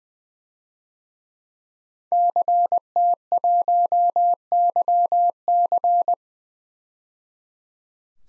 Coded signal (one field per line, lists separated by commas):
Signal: Morse code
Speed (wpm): 20 wpm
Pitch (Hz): 700 Hz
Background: none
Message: CT1YC